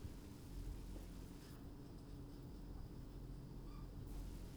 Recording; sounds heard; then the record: poultry house recording; sick chickens (respiratory disease)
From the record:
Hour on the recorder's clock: 21